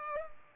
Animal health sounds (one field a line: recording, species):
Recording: mosquito wingbeat signal from an infrared sensor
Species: Culex pipiens